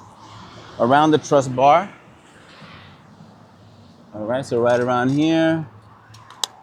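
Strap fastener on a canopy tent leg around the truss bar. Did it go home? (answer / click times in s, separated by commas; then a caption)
yes / 6.4 s. Someone talks while a strap securing a canopy tent leg is wrapped around the truss bar. A few faint handling sounds follow, then the strap's fastener snaps shut with a sharp click at 6.4 s, seating it in place.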